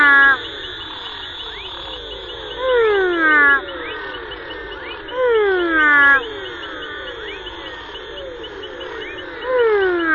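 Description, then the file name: Four-eyed frog repeating a descending whine every few seconds, amid a dense chorus of fainter falling calls and a steady high drone. "Pleurodema fuscomaculatum"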